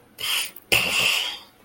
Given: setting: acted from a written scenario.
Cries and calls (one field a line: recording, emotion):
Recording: vocal sound without words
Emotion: guilt